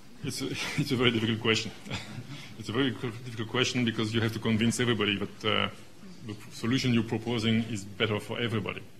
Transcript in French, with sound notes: It's a very difficult question. (Laughs) It's a very difficult question because you have to convince everybody that the solution you're proposing is better for everybody.